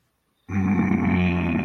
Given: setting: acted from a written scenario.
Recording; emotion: vocal sound without words; anger